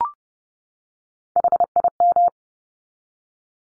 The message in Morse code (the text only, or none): HIM